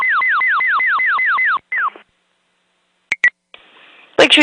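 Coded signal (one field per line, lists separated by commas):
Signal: pager alert tone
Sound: nine quick downward whooping tone sweeps, then short radio clicks and static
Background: radio static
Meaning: Alert for a structure fire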